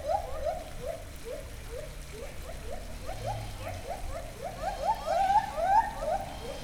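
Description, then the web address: White-handed gibbon calling in a fast run of rising hoots that climb into higher, louder notes, with a constant low rumble beneath. Captive animal at Debrecen Zoo, recorded in 2012. "debrecenizoo 2012 premium feherkezugibbon"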